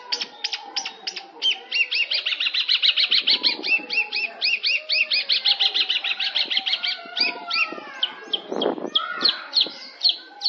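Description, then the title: Long-tailed shrike singing a fast stream of repeated bright chattering notes, then scattered sharp chips, with a brief harsh rustling burst near the end. "Cendet Pentet"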